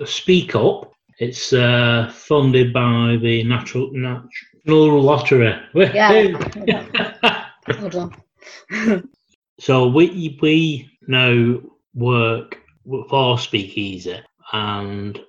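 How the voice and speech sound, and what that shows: An adult man with aphasia after a stroke speaks haltingly, with false starts, a sound error corrected midword ('natch… national'), repeated words, stretched vowels and a three-second pause with 'hold on'. These are word-finding and sound-selection difficulties typical of aphasia.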